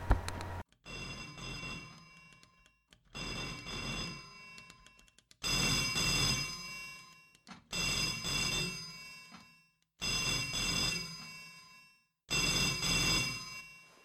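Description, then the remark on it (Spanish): A telephone rings in repeated bursts, about six rings with short pauses between them, each a bright, buzzy, steady tone at even volume, with no voices. “Solo quería contestar el teléfono.”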